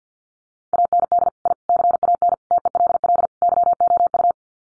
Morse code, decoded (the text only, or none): AND I CAN TELL YOU